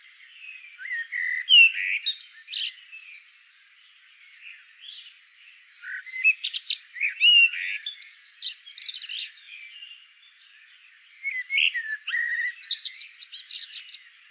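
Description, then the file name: Common blackbird song in three phrases, each opening with low mellow fluted whistles and ending in a shrill, scratchy high twitter, separated by pauses of a few seconds. "Turdus merula"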